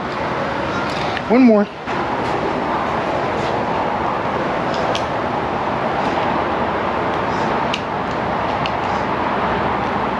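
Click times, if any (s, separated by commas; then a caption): none. A mechanic handles one more plastic wheel or lug-nut cap at a car wheel, about to press it on, against steady broadband shop noise while someone talks. A brief sharp tick is heard near 7.7 s, but the cap has not seated or clicked yet. It needs to snap on with a little click, or it can come off on the highway.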